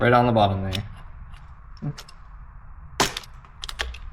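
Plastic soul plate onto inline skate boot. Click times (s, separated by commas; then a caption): 3.0 s. Someone talks, then a plastic replacement soul plate is pressed onto the bottom of an inline skate boot. It snaps into place with a sharp click at 3.0 s, followed by a few quieter ticks.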